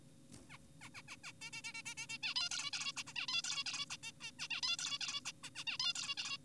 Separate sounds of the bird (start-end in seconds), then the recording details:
0.50-0.58, 0.82-0.90, 0.95-1.02, 1.08-1.16, 1.24-1.32, 1.42-1.50, 1.53-1.62, 1.64-1.73, 1.74-1.82, 1.86-1.94, 1.98-2.07, 2.10-2.18, 2.23-2.34, 2.36-2.49, 2.51-2.71, 2.73-2.92, 2.97-3.03, 3.07-3.13, 3.16-3.27, 3.28-3.42, 3.44-3.64, 3.66-3.86, 3.90-3.97, 4.03-4.12, 4.21-4.31, 4.39-4.48, 4.51-4.61, 4.63-4.77, 4.79-4.98, 5.01-5.21, 5.26-5.32, 5.44-5.50, 5.56-5.64, 5.67-5.78, 5.80-5.93, 5.96-6.15, 6.18-6.38. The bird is an adult. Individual g4p5U